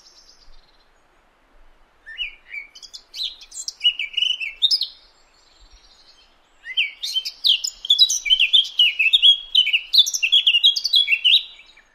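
Eurasian blackcap singing rich, fluting warbled phrases: a short burst, a pause, then a longer, faster run of liquid notes.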